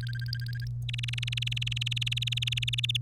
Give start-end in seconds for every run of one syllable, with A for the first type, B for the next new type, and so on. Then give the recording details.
0.01-0.65 A, 0.89-2.97 B. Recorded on 3 May 2018 at 09:02. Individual llb3